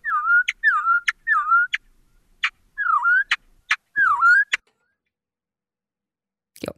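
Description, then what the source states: Northern mockingbird song, a falling whistled phrase repeated several times with clicks between, the later repeats sung at a shifted pitch. Mockingbird example of pitch change: a melody fragment repeated at varied pitch, composition strategy number 2 of four identified by researchers.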